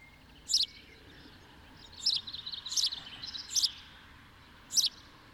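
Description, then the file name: House sparrow giving clipped, bright chirps at irregular intervals over a steady low rumble of background noise, with light chatter between calls. "Passer domesticus"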